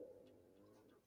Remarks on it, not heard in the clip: Was that your tummy? That was my lower digestive tract. That was a rumble in the jungle.